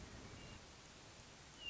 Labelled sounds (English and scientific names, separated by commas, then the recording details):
Hermit Thrush (Catharus guttatus)
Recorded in Sonoma County, California